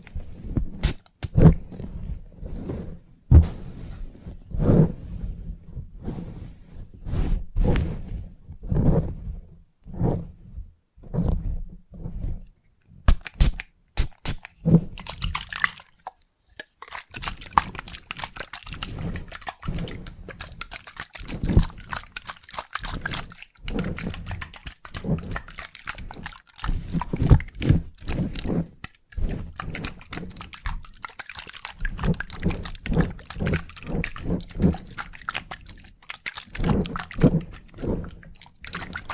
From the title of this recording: Salon Haircut Head Massage, Scissors and Clipper